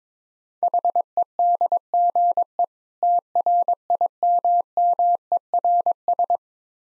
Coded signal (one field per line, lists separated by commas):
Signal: Morse code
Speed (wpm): 22 wpm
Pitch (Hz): 700 Hz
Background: none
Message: HEDGE TRIMMERS